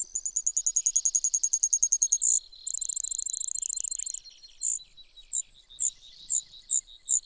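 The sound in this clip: Brewer's sparrow: a fast, high trill of evenly repeated notes, then a second quicker buzzy trill, ending with single sharp chips spaced about half a second apart.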